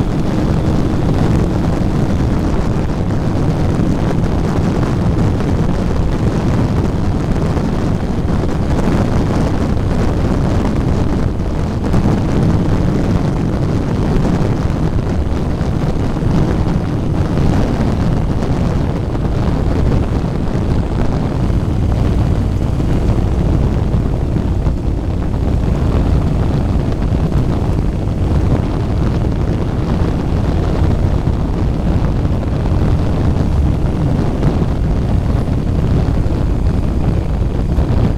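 A ride in Southern Utah, heard as a steady, dense low roar of a vehicle mixed with rough wind buffeting the microphone. The rumble stays heavy and constant for the whole stretch, with small surges and flutters but no distinct separate events.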